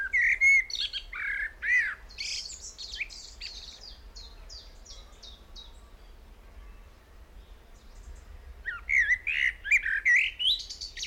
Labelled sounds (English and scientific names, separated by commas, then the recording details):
Common Blackbird (Turdus merula)
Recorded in the wild
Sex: male
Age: adult
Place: Blankenfelde, Berlin, DE
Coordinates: 52.645, 13.395
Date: 1992-05-31
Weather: sonnig, 22-25 °C
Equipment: Marantz CP 430, Sennheiser ME 80, K 30 AV, Kopie Tesla B 116
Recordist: Tembrock, Günter